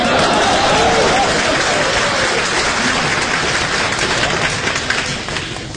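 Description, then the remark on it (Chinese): An audience at a crosstalk comedy performance applauds in a dense, steady wash of clapping that holds loud for several seconds before tapering off at the end, with a few voices faintly mixed in. “两个说相声一站，今天 掌声， 我们两个人 掌声， 给您说段相声，说着不好，说着不好都鼓掌。”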